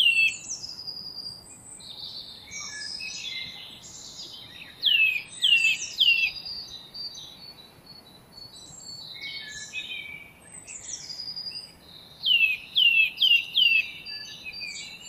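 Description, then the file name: Eurasian nuthatch calls: two quick runs of three or four sharp, downward-slurred whistled notes, set against a busy background of other birds chirping and twittering. "Sitta europaea"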